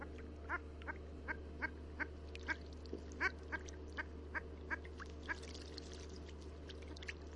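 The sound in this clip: Long-tailed duck calls, short nasal notes in a quick, irregular series over a steady low hum.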